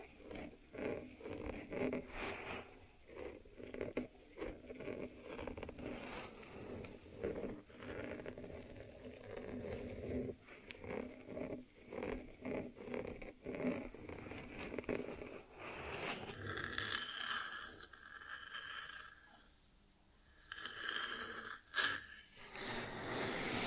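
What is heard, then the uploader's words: Ear treatment sounds, with dense scratchy rubbing and crinkling broken by frequent sharp taps and clicks. After about sixteen seconds the texture turns brighter and sparser, with a quieter hissing stretch near twenty seconds before firm clicks return. ASMR 3D Brain Penetrating Ear Treatment.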